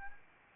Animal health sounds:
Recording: mosquito wingbeat signal from an infrared sensor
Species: Anopheles arabiensis

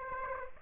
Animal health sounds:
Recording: mosquito wingbeat signal from an infrared sensor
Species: Aedes aegypti

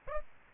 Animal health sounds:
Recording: mosquito wingbeat signal from an infrared sensor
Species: Aedes aegypti

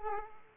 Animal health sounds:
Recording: mosquito wingbeat signal from an infrared sensor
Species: Aedes aegypti

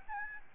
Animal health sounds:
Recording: mosquito wingbeat signal from an infrared sensor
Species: Aedes albopictus

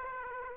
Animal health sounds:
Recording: mosquito wingbeat signal from an infrared sensor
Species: Aedes aegypti

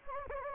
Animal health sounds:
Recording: mosquito wingbeat signal from an infrared sensor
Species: Anopheles gambiae

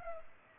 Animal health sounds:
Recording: mosquito wingbeat signal from an infrared sensor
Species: Culex pipiens

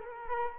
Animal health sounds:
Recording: mosquito wingbeat signal from an infrared sensor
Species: Culex quinquefasciatus

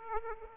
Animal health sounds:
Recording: mosquito wingbeat signal from an infrared sensor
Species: Aedes aegypti

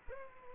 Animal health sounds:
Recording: mosquito wingbeat signal from an infrared sensor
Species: Culex pipiens

